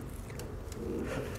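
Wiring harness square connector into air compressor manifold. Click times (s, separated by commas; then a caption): 0.4 s, 0.7 s. A square plastic connector on a wiring harness is pushed up into the bottom of an Air Lift WirelessAIR air compressor manifold on a 2021 Ford F-150, against a steady low background rumble. Two short, sharp clicks at 0.4 s and 0.72 s mark the connector locking into place, ready for its white locking tab to be pressed up.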